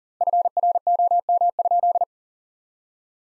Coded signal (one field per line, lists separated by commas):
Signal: Morse code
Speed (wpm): 40 wpm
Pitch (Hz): 700 Hz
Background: none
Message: FROM?